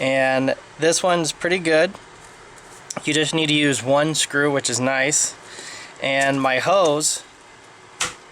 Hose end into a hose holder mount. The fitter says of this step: locks into place